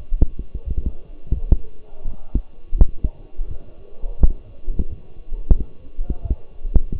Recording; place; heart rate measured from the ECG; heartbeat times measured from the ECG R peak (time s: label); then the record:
heart sounds by stethoscope; between the tricuspid and mitral areas; 86 bpm
0.64 s: heartbeat
1.34 s: heartbeat
2.04 s: heartbeat
2.75 s: heartbeat
3.47 s: heartbeat
4.18 s: heartbeat
4.88 s: heartbeat
5.55 s: heartbeat
6.22 s: heartbeat
6.92 s: heartbeat
From the record:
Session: walking at 3.7 km/h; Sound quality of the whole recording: partially saturated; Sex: male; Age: 24 years